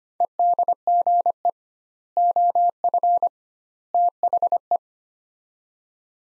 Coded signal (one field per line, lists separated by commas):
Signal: Morse code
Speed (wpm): 25 wpm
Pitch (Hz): 700 Hz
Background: none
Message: EDGE OF THE